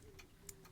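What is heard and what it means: The metal clasp extension on a Hanhart Preventor9 watch bracelet is pulled out further, giving a sharp, bright click at 0.5 s as it detents into its second notch, with a few fainter ticks around it over a low steady hum. The extension seats in its second position.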